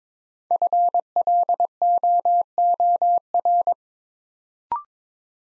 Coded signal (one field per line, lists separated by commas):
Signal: Morse code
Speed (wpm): 22 wpm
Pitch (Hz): 700 Hz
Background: none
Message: FLOOR